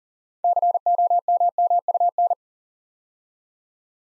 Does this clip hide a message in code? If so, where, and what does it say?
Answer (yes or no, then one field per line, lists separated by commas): yes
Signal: Morse code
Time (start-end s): 0.4-2.3 s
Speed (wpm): 37 wpm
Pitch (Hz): 700 Hz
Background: none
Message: COMMUN